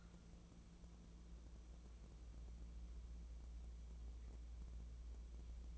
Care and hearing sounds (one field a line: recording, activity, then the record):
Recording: daily activity, microphone in the room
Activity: wipe stove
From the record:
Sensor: 1